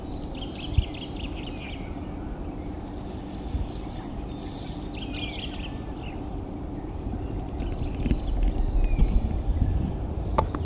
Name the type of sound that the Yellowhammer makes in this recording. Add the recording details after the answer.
song. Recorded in the wild. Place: Klein Süstedt, DE. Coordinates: 52.935, 10.4736. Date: 1970-03-24. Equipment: Uher Report 4200, AKG D190C in Doppel-Parabolreflektor. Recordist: Krey, Winfried